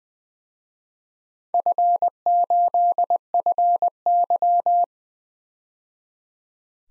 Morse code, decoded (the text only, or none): F8FY